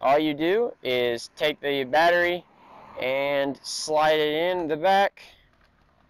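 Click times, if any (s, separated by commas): none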